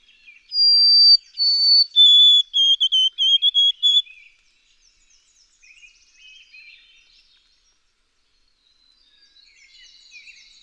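White-throated sparrow singing pure whistled notes that descend into a rapid repeated series, followed by several seconds of soft twitters.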